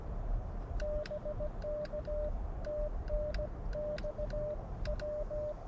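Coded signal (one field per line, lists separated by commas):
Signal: Morse code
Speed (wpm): 17 wpm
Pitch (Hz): 600 Hz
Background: none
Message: BK TNX W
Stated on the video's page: CW Parks on the Air activation using an Elecraft KX2.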